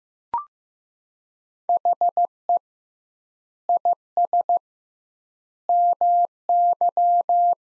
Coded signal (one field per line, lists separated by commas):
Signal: Morse code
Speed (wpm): 15 wpm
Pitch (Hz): 700 Hz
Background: none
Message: HE IS MY